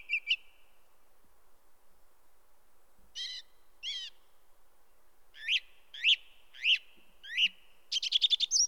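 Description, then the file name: Song thrush song: a pair of scratchy notes, then a whistled note repeated four times, then a fast rattling trill at the end. "grive musicienne"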